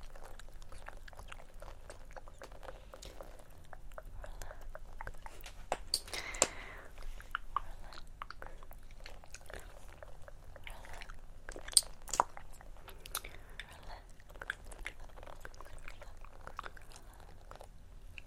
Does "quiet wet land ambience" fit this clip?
no